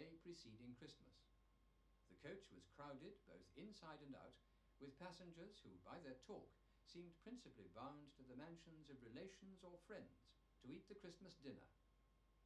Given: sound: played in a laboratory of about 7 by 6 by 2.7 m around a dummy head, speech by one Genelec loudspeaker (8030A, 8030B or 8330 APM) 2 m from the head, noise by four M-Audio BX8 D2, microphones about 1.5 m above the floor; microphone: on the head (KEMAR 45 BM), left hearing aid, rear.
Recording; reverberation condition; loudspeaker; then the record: male speech in English; low; 150 degrees to the right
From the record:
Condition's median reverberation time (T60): about 310 ms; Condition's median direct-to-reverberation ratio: about 3.5 dB